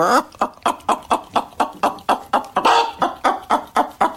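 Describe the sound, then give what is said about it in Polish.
A person imitates a hen's clucking during a clucking workshop in the studio of Polish Radio Program Three (Trójka), with a steady run of about fifteen short, rhythmic bursts, each a throaty, mid-pitched cluck, loud and evenly spaced with no other talk. “Obiecałem poprowadzić warsztaty gdakania. Warsztaty z gdakania. Więc żeby osiągnąć taki efekt...”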